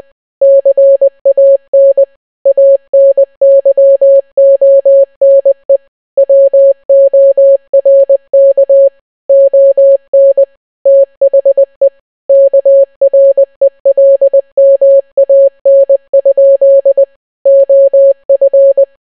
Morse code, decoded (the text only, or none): CAN ANYONE WORK ON THE KRELMAN? OF